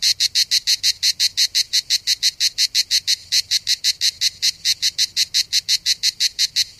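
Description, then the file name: Cicada song: loud, evenly spaced buzzy pulses in a fast, unbroken series. Recorded 3 September 2009, around 07:33 in the morning. "Enregistrement Cigales"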